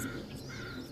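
A flimsy plastic Lee 57 filter holder is handled as it is refitted onto a camera lens adapter, with only a steady, low-level rustle and faint hiss and no distinct click. Nothing has seated or clicked yet; the holder is not yet locked into place.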